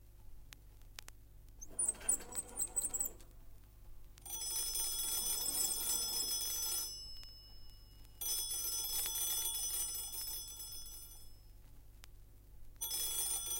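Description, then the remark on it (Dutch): An old hand-cranked telephone: a brief mechanical rattle as the subscriber turns the crank to be connected to the telephone exchange, then three loud bursts of rapid, shrill metallic bell ringing separated by short pauses, with no voices. “De abonnee hoeft alleen maar aan een slinger te draaien.”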